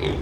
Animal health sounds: contact call of a hoofed animal; pig; closed-mouth grunt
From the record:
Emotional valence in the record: positive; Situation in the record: food and toys in familiar pen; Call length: 0.22 s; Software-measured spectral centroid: 1700 Hz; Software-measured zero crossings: 1230 a second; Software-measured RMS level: -24 dBFS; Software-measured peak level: -10 dBFS

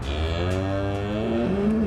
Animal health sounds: contact call of a hoofed animal; cattle; low-frequency (closed-mouth) or high-frequency (open-mouth) call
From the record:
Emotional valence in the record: positive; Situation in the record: visual reunion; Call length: 1.87 s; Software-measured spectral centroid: 1380 Hz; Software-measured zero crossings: 970 a second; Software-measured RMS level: -24 dBFS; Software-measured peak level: -12 dBFS

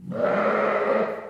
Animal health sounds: contact call of a hoofed animal; sheep; low-frequency (closed-mouth) or high-frequency (open-mouth) call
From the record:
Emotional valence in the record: negative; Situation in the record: short social isolation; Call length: 1.30 s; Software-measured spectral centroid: 1200 Hz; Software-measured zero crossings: 1470 a second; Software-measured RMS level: -24 dBFS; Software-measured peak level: -10 dBFS

